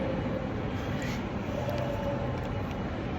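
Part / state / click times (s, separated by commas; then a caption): network cable connector into crimping tool / not seated / none. A plastic network cable connector is inserted into the die of a metal crimping tool and lined up before the handles are squeezed. Only a steady, low-pitched background rumble like passing traffic is heard, with no sharp sounds. Nothing has seated or clicked yet.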